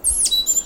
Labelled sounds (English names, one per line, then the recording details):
Stitchbird song
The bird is a male
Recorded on Tiritiri Matangi Island, New Zealand, in 2005
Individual 1, of nest box 1